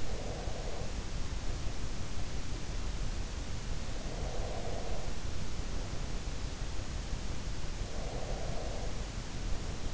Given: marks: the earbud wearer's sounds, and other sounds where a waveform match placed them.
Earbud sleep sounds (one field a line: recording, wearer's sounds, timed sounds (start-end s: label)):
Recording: sounds in sleep by an in-ear microphone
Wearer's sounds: breath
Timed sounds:
0.00-2.46 s: breath
3.87-6.55 s: breath
7.88-9.74 s: breath